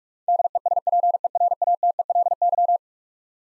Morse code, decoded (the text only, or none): DESPERATELY